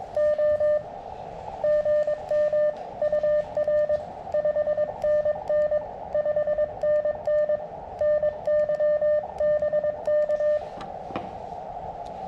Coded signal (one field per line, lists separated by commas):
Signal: Morse code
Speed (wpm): 22 wpm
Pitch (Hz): 600 Hz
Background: none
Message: O GM UR 5NN 5NN NY BK